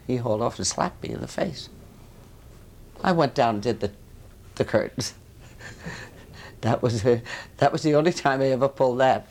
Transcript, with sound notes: And he hauled off and slapped me in the face. I went down and did the curtains. ( she laughs ) That was, that was the only time I ever pulled that.